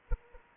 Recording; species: mosquito wingbeat signal from an infrared sensor; Anopheles arabiensis